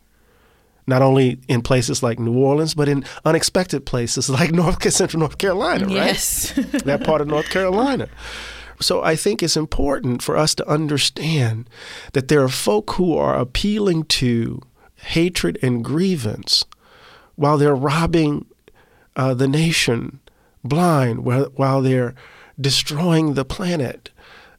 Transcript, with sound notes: not only in places like New Orleans but in unexpected places like central North Carolina - right?
Yes (laughter).
...That part of North Carolina. So I think it's important for us to understand that there are folk who are appealing to hatred and grievance while they're robbing the nation blind, while they're destroying the planet.